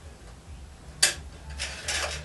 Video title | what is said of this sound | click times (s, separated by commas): HONDA Motorcycle Fork seal replacement | You can actually hear it click in. | 1.0 s